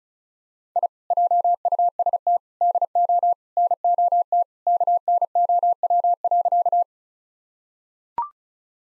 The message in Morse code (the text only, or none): I JUST DO NOT KNOW.